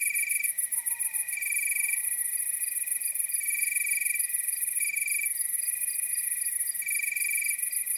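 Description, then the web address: Crickets chirping in short pulsed bursts with pauses between, over a constant high shrill trill. Nocturnal wasteland at night. "Nature Chill Out 2014. Toads, Nighthawks and Crickets"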